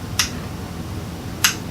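The cock (hammer) of a flintlock pistol lock is pulled back after a demonstration, giving two sharp, bright clicks at 0.2 s and 1.4 s as the sear catches in the tumbler notches. The cock seats back into its notch, with low background noise between the clicks.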